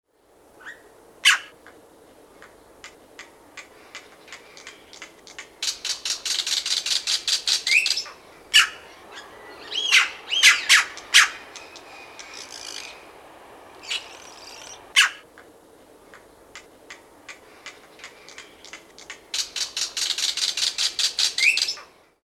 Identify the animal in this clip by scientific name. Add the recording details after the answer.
Cacicus haemorrhous. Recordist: Tembrock, Günter. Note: Verschiedene Lautformen